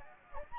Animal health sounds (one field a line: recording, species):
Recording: mosquito wingbeat signal from an infrared sensor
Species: Anopheles gambiae